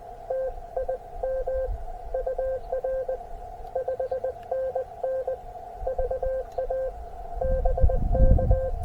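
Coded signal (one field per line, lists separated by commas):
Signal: Morse code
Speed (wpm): 20 wpm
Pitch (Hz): 520 Hz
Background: none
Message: TIM UR 5NN VA BK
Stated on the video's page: CW POTA activation and CWops CWT contest run on a KX2 at 5 watts QRP.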